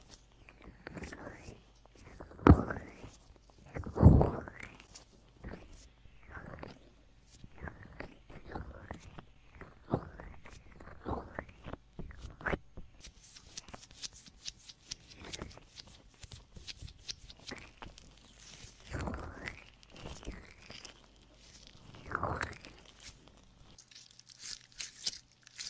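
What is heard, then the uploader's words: Ear cleaning with close scraping, rubbing and crackling strokes that repeat every second or so across the whole recording. Two sharper, louder pops stand out near the start, and from about halfway on the texture turns brighter and hissier, with soft fizzing crackles between strokes. Penetrating ear cleaning.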